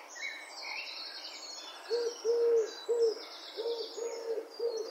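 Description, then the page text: Eurasian collared dove cooing several times from about two seconds on, with busy twittering and chirping from other birds in the background. "Голоса птиц - Горлица кольчатая"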